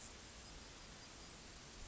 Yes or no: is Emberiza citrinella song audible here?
no